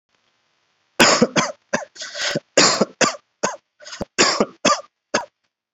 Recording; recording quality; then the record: shallow voluntary cough; excellent, no background noise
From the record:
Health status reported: COVID-19 positive, mild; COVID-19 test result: positive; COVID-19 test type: RT-PCR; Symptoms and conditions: fever, diarrhoea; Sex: male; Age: 33 years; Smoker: no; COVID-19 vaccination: one dose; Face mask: worn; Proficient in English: yes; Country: India